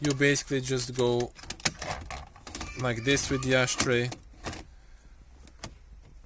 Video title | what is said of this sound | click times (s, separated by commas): How to Retrofit Upgraded Facelift Interior in Pre-Facelift Mercedes CLK W209 / C209 / W203 (Part 4) | it will snap in place so as you can see now these little tabs here and here | 5.6 s